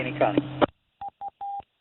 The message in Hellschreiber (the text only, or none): none